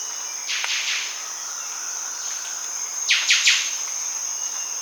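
Sooty thicket fantail calling with a short harsh burst early, then a louder cluster of three rasping notes later, against a steady high-pitched insect hum.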